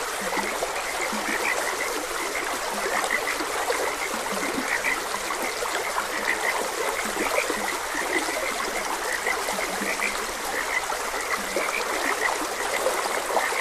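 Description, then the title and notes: Frogs croaking with short repeated notes, partly masked by a constant rush of trickling water. Frogs croaking beside a gentle stream. "Frogs Croaking. Sleep and Relaxation Podcast"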